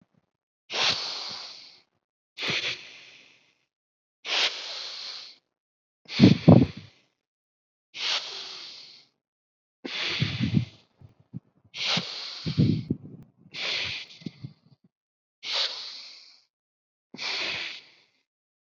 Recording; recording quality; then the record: deep breathing; excellent, no background noise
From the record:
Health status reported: exposed to COVID-19, no respiratory illness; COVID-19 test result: not tested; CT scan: not taken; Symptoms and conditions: none ticked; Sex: male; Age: 23 years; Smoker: no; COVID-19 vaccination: both doses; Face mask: not worn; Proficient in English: yes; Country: India